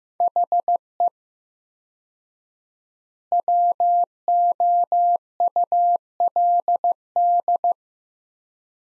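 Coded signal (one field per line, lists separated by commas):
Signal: Morse code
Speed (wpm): 15 wpm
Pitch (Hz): 700 Hz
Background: none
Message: HE WOULD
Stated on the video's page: Morse practice drill of two-word sets at 15 wpm with 4x word spacing, each set followed by spoken answer.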